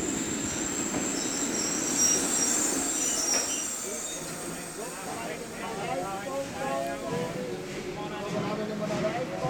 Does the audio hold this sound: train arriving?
yes